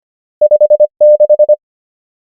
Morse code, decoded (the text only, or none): 5 6